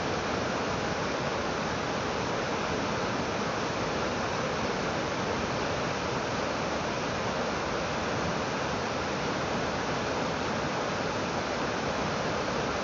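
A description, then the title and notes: A steady, unbroken roar of rushing water in the Garhwal Himalayas, like a waterfall or fast mountain stream. The dense hiss fills the low rumble through to bright spray and stays at one level throughout, with no distinct events or other sounds. Sound of the Garhwal Himalayas.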